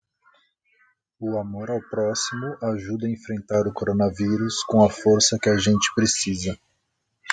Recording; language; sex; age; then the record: spoken sentence; Brazilian Portuguese; male; 40 to 49 years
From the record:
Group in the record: control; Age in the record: 41 years